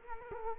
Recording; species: mosquito wingbeat signal from an infrared sensor; Culex quinquefasciatus